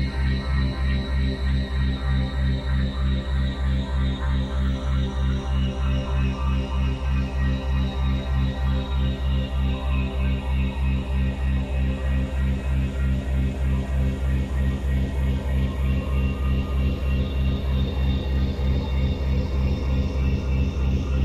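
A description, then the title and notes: A binaural tone piece built on a low C-sharp drone near 65.4 Hz, layered with a full spread of higher tones. The sound pulses steadily and rapidly, about three beats per second, with even loudness throughout and faint shimmering upper tones drifting slowly. It's a full-spectrum binaural, meaning everything in the right channel (not just the binaural tone) is shifted up to create the 3.2 Hz binaural beat. C#65.4Hz Full-Spectrum δ 3.2Hz.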